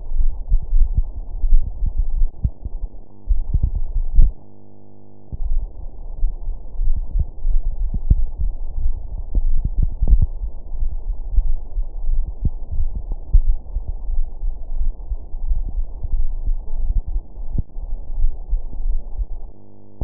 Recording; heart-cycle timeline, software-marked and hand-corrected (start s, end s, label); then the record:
heart sounds
not marked
From the record:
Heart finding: coronary artery disease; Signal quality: poor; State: rest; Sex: female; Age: 55 years